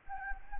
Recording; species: mosquito wingbeat signal from an infrared sensor; Anopheles gambiae